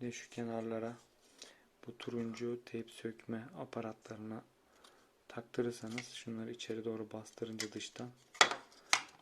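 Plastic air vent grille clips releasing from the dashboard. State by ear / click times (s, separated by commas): released / 8.4 s, 8.9 s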